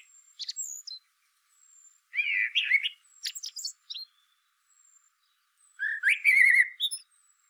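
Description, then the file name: Eurasian blackbird song: short mellow warbled phrases near the middle register, each ending in thin squeaky twitters, with pauses between; faint high thin whistles from another bird behind. "Turdus merula"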